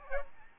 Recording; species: mosquito wingbeat signal from an infrared sensor; Aedes albopictus